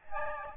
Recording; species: mosquito wingbeat signal from an infrared sensor; Aedes albopictus